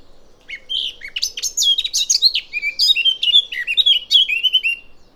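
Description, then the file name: Eurasian blackcap song: a hurried, jumbled warble of sweet whistles and chattering notes, running continuously and ending in clearer fluty phrases. "Sylvia atricapilla"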